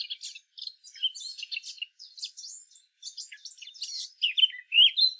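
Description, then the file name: Eurasian blackcap warbling continuously with quick chattering notes, closing on louder clear whistles that rise and fall. "Sylvia atricapilla"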